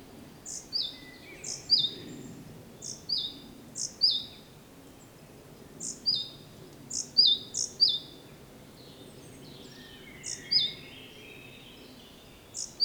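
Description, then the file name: Great tit giving high paired call notes, a sharp upper note and a flatter lower one, repeated steadily throughout, with faint additional chirps. "Parus major"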